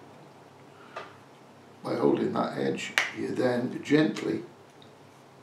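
The plastic back cover of an Auris car key fob is held at its clipped edge and gently pushed onto the fob housing after a battery change. Someone talks over a quiet background, with a faint tap near 1.0 s. Nothing has clicked or seated yet; the cover is still being handled.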